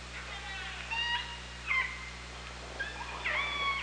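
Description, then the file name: Killer whale calls, several bright harmonic pulsed calls in close succession over a low steady hum. Recorded by OrcaLab hydrophone on 24 August 2017, 18:38. "Orca Lab UTLN JASON 20170824"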